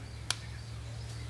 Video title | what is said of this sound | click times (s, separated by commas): 16 H.P Kohler Carburetor installed by Dan | Snapped right in there. | 0.3 s